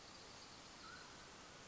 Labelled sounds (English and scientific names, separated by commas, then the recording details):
Mountain Quail (Oreortyx pictus)
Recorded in Sonoma County, California